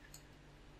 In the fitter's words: looks lined up there is a click if you heard that click because